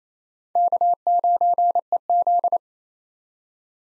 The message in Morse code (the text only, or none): K9EZ